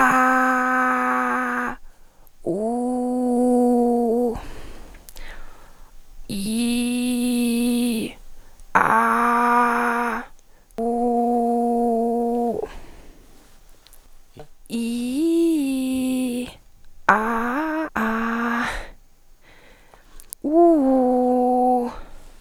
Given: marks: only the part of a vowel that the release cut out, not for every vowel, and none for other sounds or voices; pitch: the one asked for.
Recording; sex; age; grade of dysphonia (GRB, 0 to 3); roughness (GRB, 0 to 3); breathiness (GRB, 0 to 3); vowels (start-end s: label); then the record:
sustained vowels; female; 20 to 29 years; 2; 1; 2
0.31-1.40 s: vowel /a/, high pitch
3.31-4.12 s: vowel /u/, high pitch
6.85-7.80 s: vowel /i/, low pitch
9.09-9.99 s: vowel /a/, low pitch
11.10-12.34 s: vowel /u/, low pitch
14.90-16.30 s: vowel /i/, low-high-low pitch
17.29-18.51 s: vowel /a/, low-high-low pitch
20.61-21.75 s: vowel /u/, low-high-low pitch
From the record:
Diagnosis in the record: psychogenic dysphonia, hyperfunctional dysphonia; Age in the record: 26 years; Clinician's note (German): Mit Aphonie